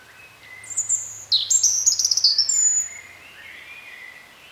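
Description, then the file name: European robin phrase of high, piercing whistles and a fast trill, followed by a quieter, wavering twitter as it fades. "Erithacus rubecula"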